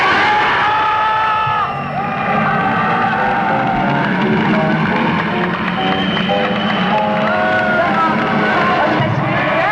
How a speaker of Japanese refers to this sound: 今日はね、そのアナウンサーでありますので、大橋照子さんがいらっしゃってますので、拍手で、皆さん。